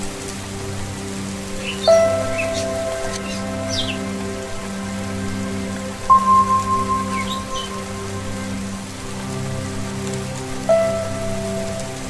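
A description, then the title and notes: Steady rain pours throughout beneath a low, sustained hum of singing bowls. Fresh bowl strikes ring out near two, six and eleven seconds, each a clear bright tone that slowly fades. Faint bird chirps flicker now and then in the background. Rain Sounds with Tibetan Singing Bowls and Birds chirping.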